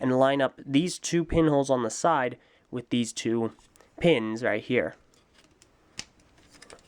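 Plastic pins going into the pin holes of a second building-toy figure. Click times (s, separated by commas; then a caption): 6.0 s. Someone talks while two plastic pins on a Bionicle building-toy figure are lined up with two pin holes on the side of another figure and pushed together. After a few faint taps, a sharp click at 6.0 s marks the pins seating in the holes.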